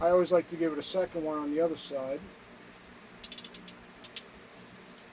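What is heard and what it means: Someone talks, then a ratcheting crimper is squeezed a second time on the other side of a metal ring terminal on an audio wire. Its ratchet clicks at 3.2, 3.3, 3.4, 3.6, 4.0 and 4.2 seconds until the crimp cycle completes, leaving the crimp nice and tight.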